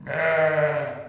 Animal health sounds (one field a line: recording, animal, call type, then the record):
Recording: contact call of a hoofed animal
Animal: sheep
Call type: low-frequency (closed-mouth) or high-frequency (open-mouth) call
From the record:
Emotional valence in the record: negative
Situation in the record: short social isolation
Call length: 1.09 s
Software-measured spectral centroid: 1640 Hz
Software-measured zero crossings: 1640 a second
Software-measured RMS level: -23 dBFS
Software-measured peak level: -10 dBFS